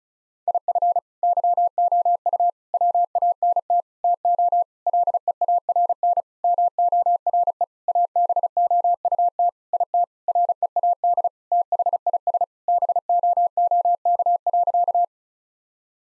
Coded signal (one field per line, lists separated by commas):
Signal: Morse code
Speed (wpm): 36 wpm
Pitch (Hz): 700 Hz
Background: none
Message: IF YOU WANT TO LEARN MORE ABOUT IT READ THIS BOOK.